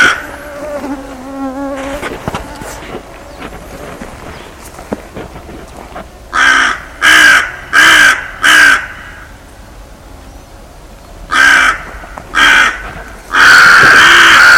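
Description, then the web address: Bird calling with harsh, raspy caws. Fainter, quieter sounds come first, then a run of four quick calls, then three more, the last one longer and loud. "cianscape. Deverinetal 2025. Bird Only"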